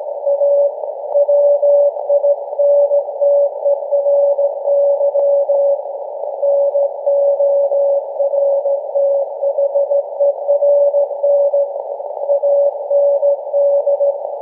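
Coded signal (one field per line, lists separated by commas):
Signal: Morse code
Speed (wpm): 16 wpm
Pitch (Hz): 570 Hz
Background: none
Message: A WINTERY NORTHERN AND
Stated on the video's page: Annual Christmas Morse message from SAQ Grimeton's Alexanderson Alternator on 17.2 kHz VLF, received with RSP1A SDR and Miniwhip antenna.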